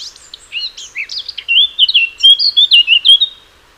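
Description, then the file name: Eurasian blackcap song, short scratchy notes leading into a loud, even run of pure fluted whistles. "Sylvia atricapilla"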